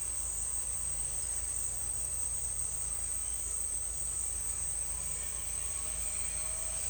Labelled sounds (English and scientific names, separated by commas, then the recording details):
none
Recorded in dense forest near Puerto Asís, Putumayo, Colombia, on 22 December 2024 at 10:00
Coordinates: 0.482, -76.320
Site G021